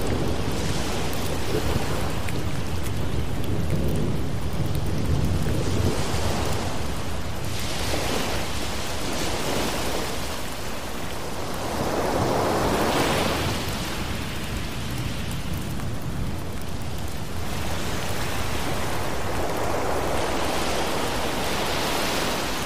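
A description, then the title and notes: Steady, dense rain hiss fills the whole clip at a constant level, with a deep rumble underneath. Broad swells rise and fall every few seconds, around 7–9, 12–13 and 20–22 seconds, like waves washing in beneath the rain. Thunderstorm Rain Sounds With Ocean Waves.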